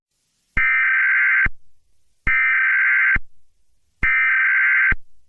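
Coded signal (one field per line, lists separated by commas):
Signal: Emergency Alert System (SAME) tones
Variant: header bursts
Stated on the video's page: Mock alert, not a real activation.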